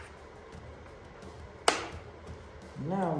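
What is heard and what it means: A plastic push-pin rivet holding the rear panel of a 2021 ZX6R motorcycle is pushed in to unlock it during a TST tail light and fender eliminator install. A single sharp snap sounds at 1.7 s as the rivet releases, and someone talks near the end.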